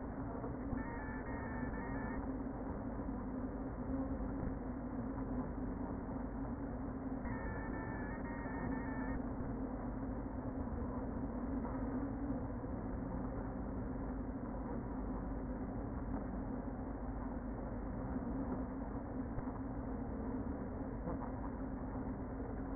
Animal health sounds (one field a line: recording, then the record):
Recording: honeybee colony, microphone inside the hive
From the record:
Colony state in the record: queen present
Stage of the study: before two queens were removed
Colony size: about 60,000 bees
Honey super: yes